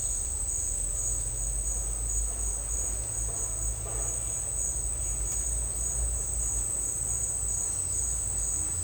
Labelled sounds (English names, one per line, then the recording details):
none
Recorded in dense forest near Puerto Asís, Putumayo, Colombia, on 16 December 2024 at 10:30
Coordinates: 0.468, -76.322
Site G071